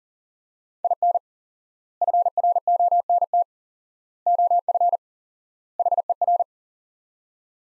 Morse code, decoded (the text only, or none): IN FRONT OF HER